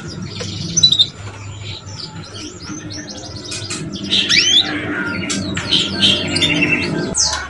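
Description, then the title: Belgian canary song, scattered high chirps and whistled notes, busier and livelier in the second half, low hum beneath. Belgian canary song used to warm up and stimulate young canaries to start singing and chirping quickly. "Canto Para Esquentar Canário Belga. SUARA KENARI PAUD CUIT CUIT BELAJAR BUNYI - pancingan kenari paud muda agar cepat bunyi dan ngeriwik"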